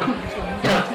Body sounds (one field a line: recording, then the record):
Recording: coughing mixed with background sound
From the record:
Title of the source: Barking cough - # 10